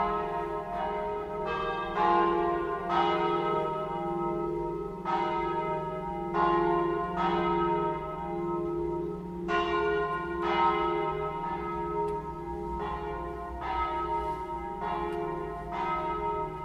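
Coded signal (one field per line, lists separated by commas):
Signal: bell signal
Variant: plenum, five bells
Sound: several church bells ringing together, continuous overlapping strikes with long resonant decay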